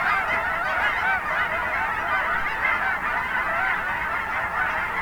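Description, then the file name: Goose flock honking without let-up, countless overlapping nasal calls forming an even, unbroken wall of sound. Flock of geese at a national wildlife refuge in Oregon, USA. "Geese at Finley National Refuge Oregon"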